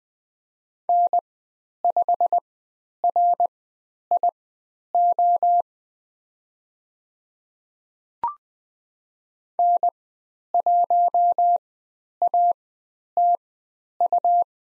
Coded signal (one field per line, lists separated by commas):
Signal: Morse code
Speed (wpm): 20 wpm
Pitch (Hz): 700 Hz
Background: none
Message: N5RIO N1ATU